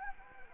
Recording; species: mosquito wingbeat signal from an infrared sensor; Anopheles gambiae